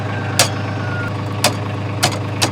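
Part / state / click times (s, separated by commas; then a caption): door latch on an iced door (vehicle or farm door) / not seated / none. A door on a vehicle or farm building, with ice built up on its latch, is pushed or slammed shut three times at 0.4, 1.4 and 2.0 seconds over a steady engine-like idle hum. Each hit is a sharp thud, but the iced-up latch fails to catch and nothing has clicked or latched yet.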